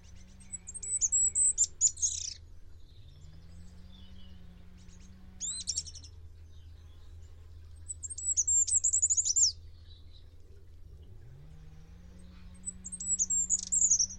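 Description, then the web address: Bird chirps, high and sharp, in quick trilled bursts, with a low droning hum and a recurring rising-and-falling tone underneath. "Bird Only"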